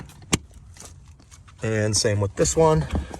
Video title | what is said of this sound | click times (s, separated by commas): Ecarzo All Weather Floor Mat Install & Review (2019+ Ram 1500 Crew Cab) | and then bring it back to this position and you're just gonna push down until it clicks into place | 0.3 s